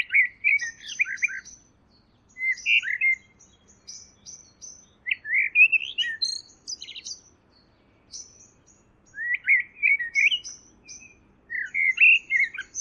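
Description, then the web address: Bird song in repeated bursts of warbled, slurred notes with higher thin chirps, phrases separated by short pauses. "Deverinetal. Bird Only"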